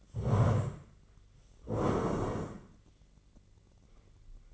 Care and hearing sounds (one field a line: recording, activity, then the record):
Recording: daily activity, microphone in the room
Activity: stand up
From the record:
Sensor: 4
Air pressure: 1013.1 hPa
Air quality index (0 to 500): 173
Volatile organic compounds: 2 ppm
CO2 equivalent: 1095 ppm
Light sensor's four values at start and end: 52/129/54/58 and 52/128/54/58